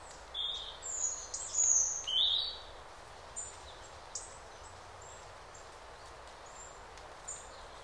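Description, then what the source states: Bird song opening with several bright, high whistled notes, then sparse faint chirps over a gentle hiss. Several birds singing in a calm forest during the day.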